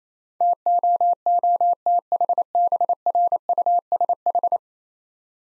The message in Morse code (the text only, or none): TOOTHBRUSH